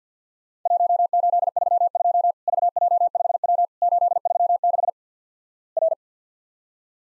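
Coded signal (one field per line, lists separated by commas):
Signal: Morse code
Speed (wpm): 50 wpm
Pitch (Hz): 700 Hz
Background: none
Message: 1832 VJ5W 836 R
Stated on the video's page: Worked All Europe DX Contest QTC exchange drill at 50 wpm, each exchange sent, spoken, then sent again.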